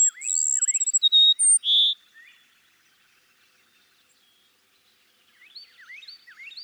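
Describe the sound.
Cassin's sparrow song: a high pulsed trill, a few clear notes and a burry ending, followed by soft looping chirps.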